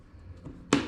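On a Tesla Model 3 door, the rear reflector is lined up by its "up" marking and pressed into the plastic door trim panel. A quiet low rustle of handling is followed by one sharp click at 0.7 s as the reflector seats in place.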